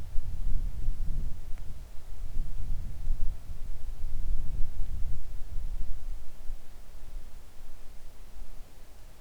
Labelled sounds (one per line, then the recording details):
wind
rain
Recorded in the Arctic National Wildlife Refuge, Alaska, on 3 August 2019 at 10:21
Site 41